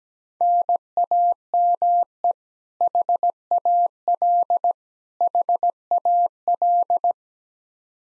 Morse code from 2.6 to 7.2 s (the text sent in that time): HAL HAL